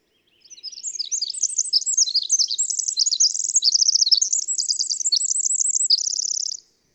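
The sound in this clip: Bird singing a sustained high-pitched twitter of quick chirps and warbled notes that ends in an even, buzzy trill.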